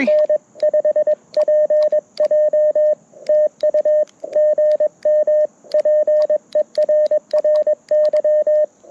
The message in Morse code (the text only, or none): N5PJ TU GM PERRY